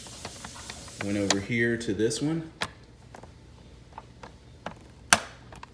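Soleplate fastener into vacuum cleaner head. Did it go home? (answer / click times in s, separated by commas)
yes / 5.1 s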